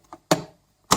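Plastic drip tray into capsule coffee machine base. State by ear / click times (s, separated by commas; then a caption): seated / 0.3 s. The plastic drip tray of a Krups Nescafé Dolce Gusto 15-bar capsule coffee machine is lifted and clipped into its raised upper position on the machine base. A faint tap comes at 0.1 s, then a sharp plastic snap at 0.3 s, and another loud burst at 0.9 s. The tray is seated and confirmed clipped in place.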